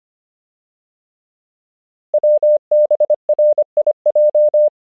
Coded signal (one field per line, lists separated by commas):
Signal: Morse code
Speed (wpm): 25 wpm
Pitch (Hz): 600 Hz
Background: none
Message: WBRIJ